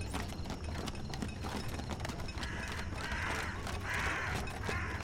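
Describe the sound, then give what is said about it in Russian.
Loud hooves clatter on cobblestone pavement in a steady, rhythmic clip-clop as Darius pulls a cart between dark houses through the empty night streets of Schwarzwald, with a low rumble running underneath the whole time and no voices. “Дариус, громко цокая копытами по мостовой, катил телегу меж темных домов с остроконечными крышами и ажурными флюгерами, поскрипывающими на ветру.”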